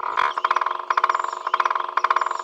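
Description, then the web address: Middle spotted woodpecker calls, rapid chattering series of short notes given in bursts about every half second. "Dendrocopos medius"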